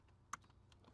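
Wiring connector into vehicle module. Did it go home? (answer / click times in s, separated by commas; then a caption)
yes / 0.3 s. Two wiring connectors are plugged back into the car's module during a MyKey Premium remote engine starter install on a key-ignition 2017–2022 Kia Sportage. A single sharp click at 0.3 s rises above a quiet background with a few faint, soft taps. The connector is fully seated in the module.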